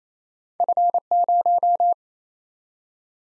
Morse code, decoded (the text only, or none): F0